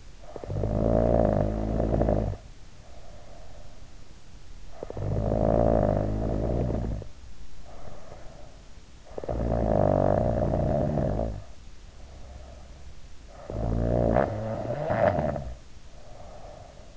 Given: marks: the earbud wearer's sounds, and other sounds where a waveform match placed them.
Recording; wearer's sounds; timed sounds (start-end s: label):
sounds in sleep by an in-ear microphone; snoring breath
0.20-3.82 s: snoring breath
4.57-12.87 s: snoring breath
13.17-16.87 s: snoring breath